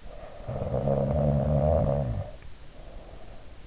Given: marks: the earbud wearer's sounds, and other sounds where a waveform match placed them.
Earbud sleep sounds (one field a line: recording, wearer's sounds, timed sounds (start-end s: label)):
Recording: sounds in sleep by an in-ear microphone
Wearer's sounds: snoring breath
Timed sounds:
0.05-3.59 s: snoring breath